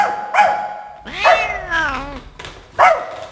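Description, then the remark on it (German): A human voice imitates a dog barking: a short bark, then a longer, wavering, drawn-out yowl, and one more sharp bark. It's fairly loud, with no other talk. “Jawohl, ich bin ein riesiger Hund.”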